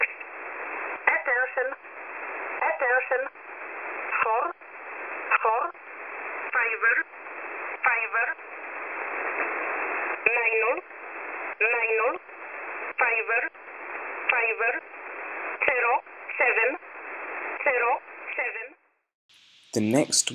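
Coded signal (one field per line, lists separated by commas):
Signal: numbers station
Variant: E11 (Oblique)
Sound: about 18 short spoken words, evenly spaced about one second apart, through hiss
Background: radio static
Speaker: next E1 a uh Transmissions go wrong is the attention when it's just broken for some reason um you don't hear the attention in the whole transmission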